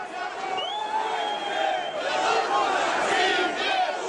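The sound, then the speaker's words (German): A large protest crowd in Belarus, estimated at 3,000 to 40,000 people, marches through the street chanting "Zhyve Belarus!" ("Long live Belarus!"), a dense, steady roar of many raised voices with no pauses, holding a loud, even level for the whole stretch. “Die Menschenmasse zieht durch die Straßen. Sie schreit: «Живи Беларусь!»”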